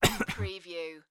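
A single sharp, explosive cough burst followed by two quick smaller bursts, trailing off into a brief voiced groan, all within about one second. It is a plain adult male cough.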